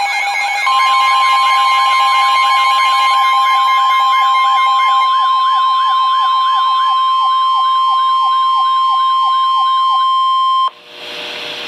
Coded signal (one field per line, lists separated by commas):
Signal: Emergency Alert System (SAME) tones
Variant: 1050 Hz attention tone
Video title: Special Marine Warning #4 - 04/12/14 (EAS #636)